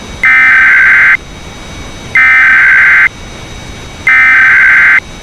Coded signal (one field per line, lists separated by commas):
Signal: Emergency Alert System (SAME) tones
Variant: header bursts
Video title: EAS Recreation Mock | Hutchison FRW